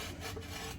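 A ring gear and parking gear assembly is lowered into a Toyota A340E transmission case, with a rag stacked underneath for support. A steady rubbing, rasping handling noise is heard throughout, with no sharp hits. Nothing has seated or clicked into place yet.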